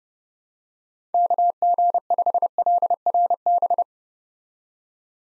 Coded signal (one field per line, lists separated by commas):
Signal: Morse code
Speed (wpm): 30 wpm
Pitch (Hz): 700 Hz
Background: none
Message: KG5LRB